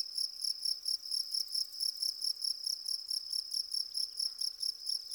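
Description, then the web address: Cricket chirping, a high, steady, ringing trill pulsing evenly throughout, with no other clear sounds. "Natures Songs. Goldfinches crickets"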